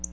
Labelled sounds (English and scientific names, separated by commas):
Black-throated Blue Warbler (Setophaga caerulescens) flight call